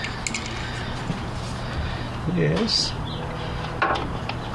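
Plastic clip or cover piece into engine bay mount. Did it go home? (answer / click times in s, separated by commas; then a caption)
no / none. During reassembly after replacing the spark plugs on a 2007 Nissan Sentra, a plastic clip or cover piece is handled into its engine bay mount, with brief light taps and clinks at about 0.3 s and 3.8 s over a steady low hum while someone talks. Nothing has seated or clicked yet; the part has not snapped home by the end.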